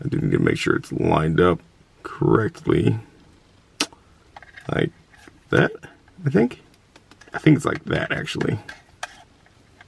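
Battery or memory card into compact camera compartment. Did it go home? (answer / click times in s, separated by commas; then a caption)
no / none. Someone talks while lining up a battery or memory card with its compartment in a Sony ZV-1F compact camera, with a few short handling taps between the speech. Nothing has seated or clicked yet.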